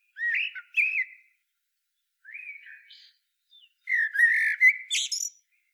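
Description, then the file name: Eurasian blackbird giving short, soft, fluty whistles, then a longer warbled phrase that climbs into thin, high squeaks. "Turdus merula"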